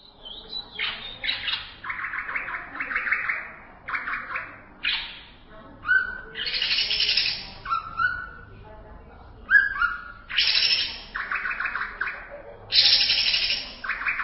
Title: Cucak ijo